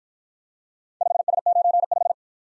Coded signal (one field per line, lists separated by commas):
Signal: Morse code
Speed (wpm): 55 wpm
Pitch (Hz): 700 Hz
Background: none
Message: 5S95